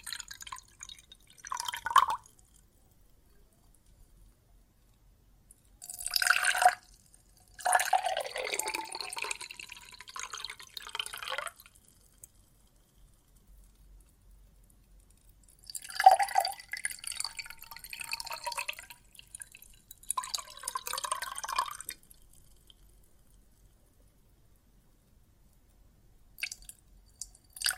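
Water and soap foam make soft, fizzy, crackling sounds that come in bursts separated by near silence. The main bursts fall around six to twelve seconds and sixteen to twenty-two seconds, with short wet clicks and drips near the start and end.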